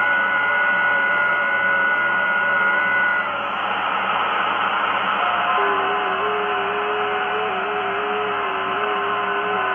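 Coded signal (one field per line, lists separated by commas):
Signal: FT8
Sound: band hiss with several faint steady warbling tones at different pitches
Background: radio static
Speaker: so let's put the volume up and let it decode for a little while you guys can see what it looks like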